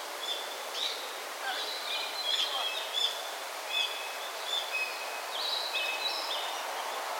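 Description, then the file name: Yellow bunting song: thin high whistled and buzzy notes in short phrases, scattered throughout over faint hiss. "Emberiza sulphurata"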